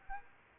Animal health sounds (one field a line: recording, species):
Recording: mosquito wingbeat signal from an infrared sensor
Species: Aedes aegypti